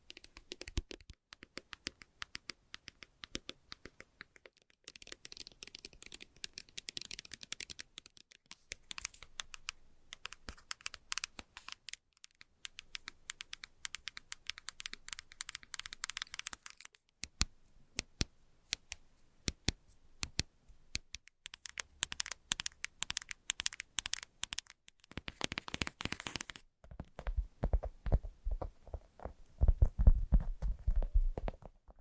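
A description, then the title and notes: Fast, light tapping clatters in dense bursts, with brief crisp pauses and a heavier, lower patter near the end. ASMR Fast But Light Tapping For Sleep And Relaxation（No Talking）.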